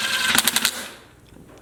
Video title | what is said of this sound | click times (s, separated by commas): How to: Mounting Beadlocks Wheels | just till it clicks. | 0.4 s, 0.5 s, 0.6 s